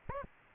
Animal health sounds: mosquito wingbeat signal from an infrared sensor; Aedes aegypti

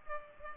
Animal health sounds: mosquito wingbeat signal from an infrared sensor; Culex pipiens

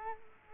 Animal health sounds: mosquito wingbeat signal from an infrared sensor; Culex quinquefasciatus

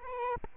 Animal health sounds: mosquito wingbeat signal from an infrared sensor; Aedes albopictus

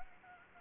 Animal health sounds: mosquito wingbeat signal from an infrared sensor; Anopheles gambiae

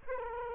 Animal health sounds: mosquito wingbeat signal from an infrared sensor; Culex quinquefasciatus

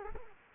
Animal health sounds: mosquito wingbeat signal from an infrared sensor; Culex quinquefasciatus

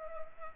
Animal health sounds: mosquito wingbeat signal from an infrared sensor; Culex pipiens

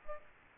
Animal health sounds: mosquito wingbeat signal from an infrared sensor; Aedes aegypti

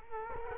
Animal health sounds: mosquito wingbeat signal from an infrared sensor; Culex quinquefasciatus

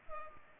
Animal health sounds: mosquito wingbeat signal from an infrared sensor; Culex pipiens

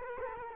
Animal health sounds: mosquito wingbeat signal from an infrared sensor; Culex quinquefasciatus

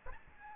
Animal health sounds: mosquito wingbeat signal from an infrared sensor; Aedes albopictus

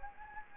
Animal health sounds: mosquito wingbeat signal from an infrared sensor; Anopheles gambiae

